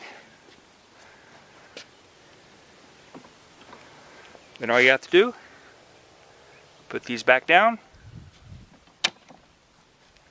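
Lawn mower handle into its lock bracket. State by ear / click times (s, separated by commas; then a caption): seated / 9.0 s. A folding handle on a Ryobi 20-inch cordless 40-volt lawn mower is pushed back down into its upright position and into its lock bracket while someone talks. The handle lock snaps with a sharp click at 9.1 seconds, and the handle is locked into place.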